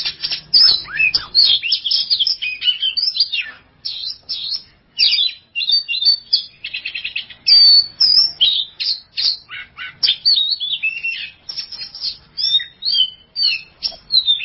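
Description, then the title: Oriental magpie-robin song: loud, fast sequences of chirps, trills and whistled notes, phrases repeated in dense bursts with short pauses. Champion contest songbird (kacer juara). "Kicau Burung Kacer Juara"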